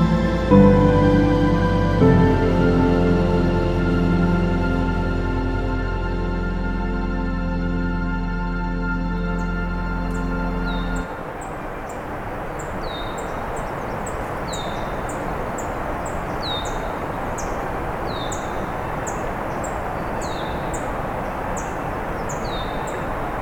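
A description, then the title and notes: On a road allowance at the edge of national park land, a steady engine drone with a low, even hum holds for the first eleven seconds, then cuts off. A soft constant hiss remains, with a bird repeating a short, bright chirp about once a second. We’re continuing along the road allowance that skirts the edge of the national park lands. Along the way we’ll hear some Black-and-white Warblers, Red-winged Blackbirds, Blue Jays, and more.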